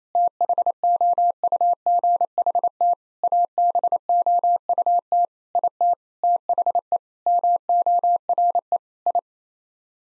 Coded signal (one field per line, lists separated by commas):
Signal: Morse code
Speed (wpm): 28 wpm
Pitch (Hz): 700 Hz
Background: none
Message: THOUGHT ABOUT IT THE MORE I